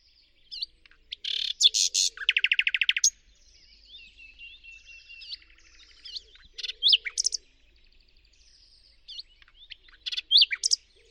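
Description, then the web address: Bird song in varied bursts of sharp chirps, rapid buzzy trills and short whistled slurs, with phrases near the start, middle and end and quieter twittering between. "Deverinetal 2025. Bird Only"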